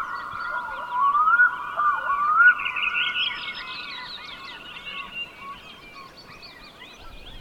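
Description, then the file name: Black-throated loon with a sustained wailing tone broken by three short rising swoops about half a second apart, with a chorus of twittering birds behind. "Storlom"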